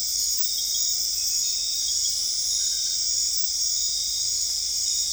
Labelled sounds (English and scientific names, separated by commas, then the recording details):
none
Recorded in dense forest near Puerto Asís, Putumayo, Colombia, on 20 December 2024 at 20:30
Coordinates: 0.485, -76.318
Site GP03